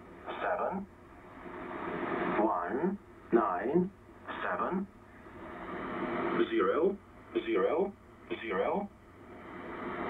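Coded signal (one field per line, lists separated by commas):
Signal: numbers station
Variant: E07a, English male voice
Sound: a voice reading short single words, about seven, with pauses, over radio hiss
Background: radio static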